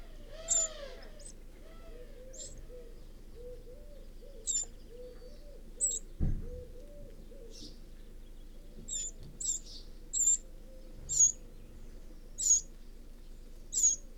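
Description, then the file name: Eurasian wren giving a series of brief, high, sharp call notes at irregular intervals over a constant low background hum. "Troglodytes troglodytes"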